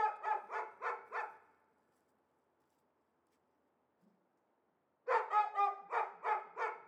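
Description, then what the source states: Dog barks in a quick string of about five, then near silence for several seconds before a dense burst of barking resumes. Two or perhaps three dogs, apparently caged and unseen, excite one another at every outside noise; Arveyron river rushing continuously in distance; Chamonix-Mont-Blanc, Auvergne-Rhône-Alpes, France.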